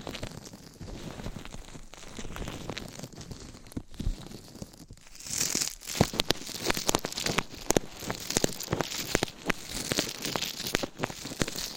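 Scratching and brushing right against a mic. For the first five seconds it is a soft, low rustle with a few sharp knocks. Then it turns brighter and busier, with dense, quick scratchy strokes and frequent crisp clicks through to the end.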